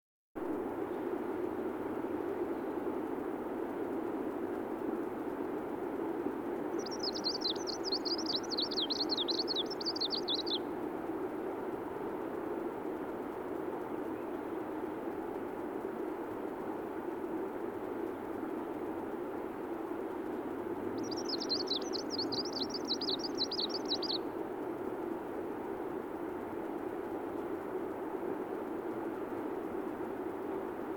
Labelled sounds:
Greenish Warbler song
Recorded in the wild
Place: Dzhalmyn, MN
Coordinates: 48.166, 107.736
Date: 1979-06-11
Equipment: Nagra III BH, Sennheiser MD 21, parabola
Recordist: Schubert, Michael

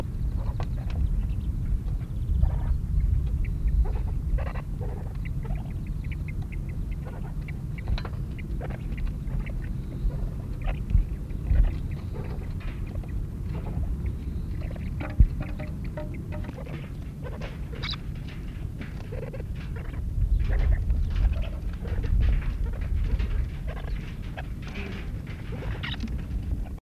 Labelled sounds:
Grey Partridge call
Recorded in captivity
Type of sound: call
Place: Mittelstendorf (Soltau), Niedersachsen, DE
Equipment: Halbspur, 9,5 cm/s
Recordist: Lütgens, Hans
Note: Rebhuhnzucht, sechswöchiges

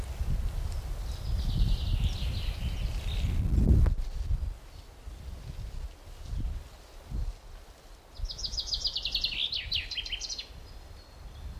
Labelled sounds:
Common Chiffchaff song
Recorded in the wild
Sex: male
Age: adult
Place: Buckow (Märkische Schweiz), Märkische Schweiz, Brandenburg, DE
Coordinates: 52.5536, 14.0725
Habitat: lake
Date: 1988-04-16 10:59
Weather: sunny, 18-19°C
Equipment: Sony WM-D6C, Sony ECM-939 LT, Kopie 19 cm
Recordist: Tembrock, Günter

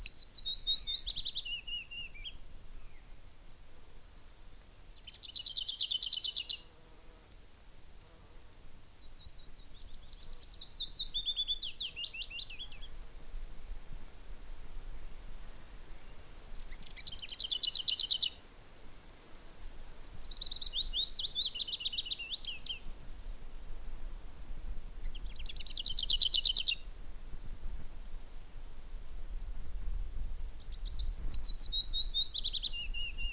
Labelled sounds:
Willow Warbler
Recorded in the wild
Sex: male
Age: adult
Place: Gosener Wiesen, Berlin, DE
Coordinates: 52.41, 13.72
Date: 1989-04-30 15:15
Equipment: Uher 4400 Report Monitor, Sennheiser ME 80, K 30 AV
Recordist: Fischer, Stefan

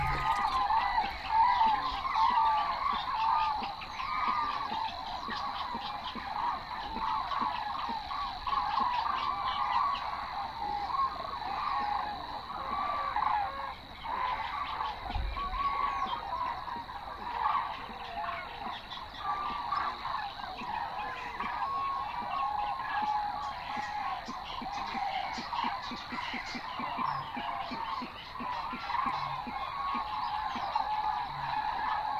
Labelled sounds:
Common Crane call
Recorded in the wild
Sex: group
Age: adult
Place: Warsow, Kummerower See, Mecklenburg-Vorpommern, DE
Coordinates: 53.8367, 12.8356
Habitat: wetland
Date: 2012-05-24 04:49
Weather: 8°C, sunny, weak winds from NE
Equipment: Sound Devices 702, Sennheiser MKH 70, Rycote Windschutz
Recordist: Frommolt, Karl-Heinz

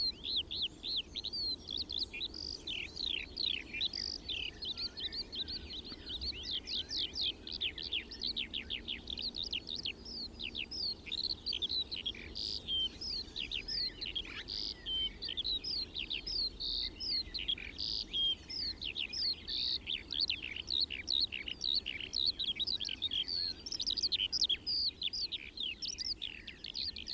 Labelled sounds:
Eurasian Skylark song
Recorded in the wild
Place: Kaiserslautern, Rheinland-Pfalz, DE
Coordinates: 49.4806, 7.71167
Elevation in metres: 350
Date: 1973-06-12
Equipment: Nagra IV, Sennheiser MKH 405, Parabolreflektor
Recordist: Tretzel, Erwin
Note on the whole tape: Erfenbach, Kaiserslautern: Gesang

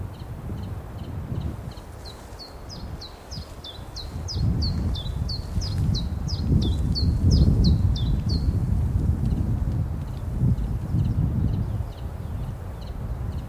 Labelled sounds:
Common Chiffchaff song
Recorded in the wild
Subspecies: abietinus
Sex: male
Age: adult
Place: Bergeforsen, Medelpad, Västernorrlands län, SE
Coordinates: 62.55, 17.2833
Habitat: spruce
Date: 1971-07-13
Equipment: Nagra SN, AKG CK 5, 9 cm/s, Kopie Nagra III PH
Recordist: Schneider, Hans-Joachim
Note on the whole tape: Zwischen Bergeforsen und Indal, Medelpad/Nordschweden. Phylloscopus collybita abietinus. Gewöhnliche Gesänge zweier Männchen. (Recht gute Aufnahme). Kopie von SN5/3. und 4. Aufnahme überspielt am 20.07.1971. Sonagramm

